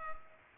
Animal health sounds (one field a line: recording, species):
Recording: mosquito wingbeat signal from an infrared sensor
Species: Culex pipiens